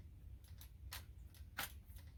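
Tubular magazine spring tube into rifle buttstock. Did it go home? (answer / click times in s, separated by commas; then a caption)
yes / 1.6 s. After five cartridges are loaded, the spring-loaded metal plunger tube (magazine follower) of a Model 1871 Springfield Spencer repeating rifle is pushed back into the rifle's buttstock and turned until it locks. Light metallic taps around 0.6 s and a sharper hit at 0.9 s lead to the loudest click at 1.6 s. The tube seats and locks in place.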